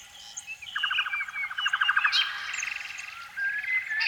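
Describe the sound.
Canary song: a fast, even series of repeated chip notes forming a trill, then a second quicker trill and short whistles.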